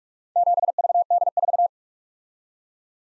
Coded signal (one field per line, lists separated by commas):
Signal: Morse code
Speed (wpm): 47 wpm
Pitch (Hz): 700 Hz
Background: none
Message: 7VD4